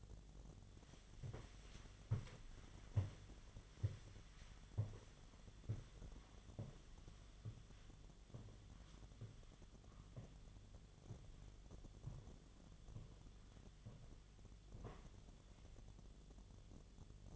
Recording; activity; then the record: daily activity, microphone in the room; walk to room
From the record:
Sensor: 4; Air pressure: 1010.9 hPa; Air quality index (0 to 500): 164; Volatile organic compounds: 4 ppm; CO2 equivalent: 1663 ppm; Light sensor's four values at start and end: 41/118/47/49 and 42/120/48/50